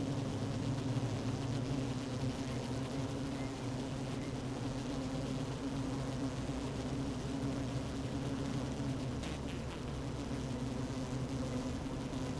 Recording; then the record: honeybee colony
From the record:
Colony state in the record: active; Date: 12 June 2018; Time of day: 15:44